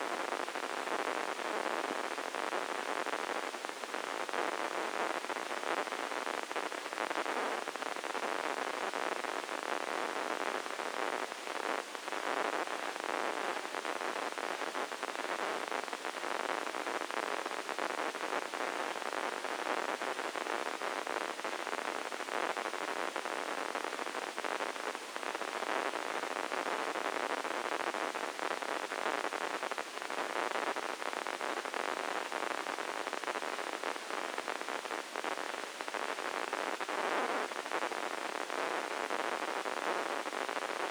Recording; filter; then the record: brain microelectrode recording played as sound; spike band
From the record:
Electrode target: subthalamic nucleus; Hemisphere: left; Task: reaching with the right hand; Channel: 1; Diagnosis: Parkinson's disease